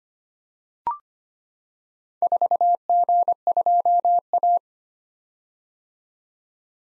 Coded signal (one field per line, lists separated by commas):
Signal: Morse code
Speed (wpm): 25 wpm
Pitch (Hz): 700 Hz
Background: none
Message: 4G2A